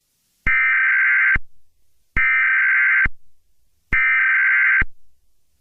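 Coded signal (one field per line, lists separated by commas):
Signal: Emergency Alert System (SAME) tones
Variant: header bursts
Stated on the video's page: Fictional zombie apocalypse EAS scenario.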